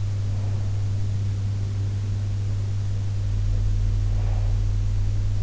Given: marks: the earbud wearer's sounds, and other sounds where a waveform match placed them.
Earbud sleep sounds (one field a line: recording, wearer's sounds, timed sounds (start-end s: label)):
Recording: sounds in sleep by an in-ear microphone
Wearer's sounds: breath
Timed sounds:
0.00-0.93 s: breath
3.83-4.70 s: breath